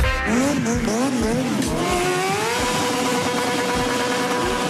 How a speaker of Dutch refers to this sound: En dan, de motorbeurs in Utrecht is weer van start gegaan. En dat gaat gepaard met veel geluid.